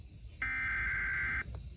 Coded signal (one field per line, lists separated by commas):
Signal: Emergency Alert System (SAME) tones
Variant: header bursts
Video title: Leftover EAS Alerts from 6/18/2026 | EAS #318-334